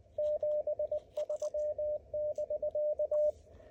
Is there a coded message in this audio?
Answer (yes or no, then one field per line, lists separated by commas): yes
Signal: Morse code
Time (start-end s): 0.2-3.3 s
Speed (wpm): 20 wpm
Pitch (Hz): 600 Hz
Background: radio noise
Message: 73<BK>